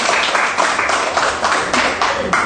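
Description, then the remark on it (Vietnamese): A crowd applauds steadily, many hands clapping together in a dense, loud patter that holds for a few seconds without pause. “À, cho một tràng hoa tay đi thưa anh chị em.”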